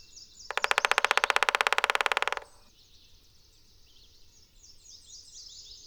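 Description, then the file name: Black-backed woodpecker drumming, a fast steady burst of taps close to two seconds long, with high-pitched bird twitters before and after. "Black backed Woodpecker Picoides arcticus"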